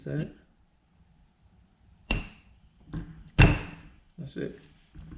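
During a rebuild of a 4-piston Brembo brake caliper, a rubber piston seal or dust boot is handled and pressed toward its groove in the caliper bore while someone talks. Short, sharp hits sound at about 2.1, 2.9 and 3.4 seconds. Nothing has seated or clicked into the groove yet.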